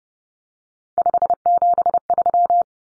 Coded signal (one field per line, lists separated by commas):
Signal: Morse code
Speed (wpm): 30 wpm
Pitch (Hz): 700 Hz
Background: none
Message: 573